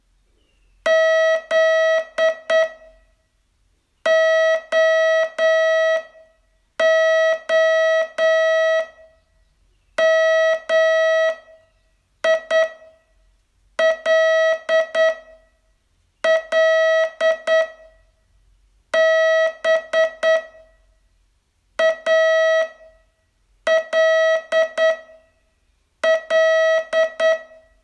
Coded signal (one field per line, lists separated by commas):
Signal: Morse code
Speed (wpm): 9 wpm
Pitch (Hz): 640 Hz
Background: none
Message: ZOO MILL BALL